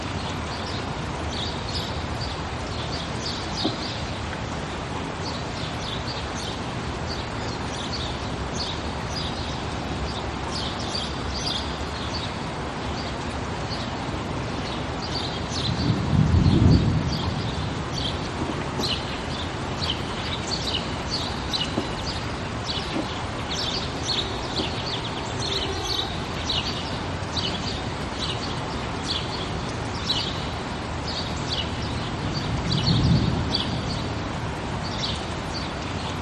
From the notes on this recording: storm sounds overhead, and soothing rain falling all around you